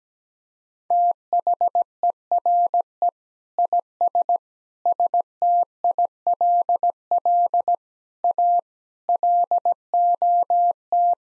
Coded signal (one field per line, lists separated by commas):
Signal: Morse code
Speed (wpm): 17 wpm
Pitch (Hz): 700 Hz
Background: none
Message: THERE IS STILL A LOT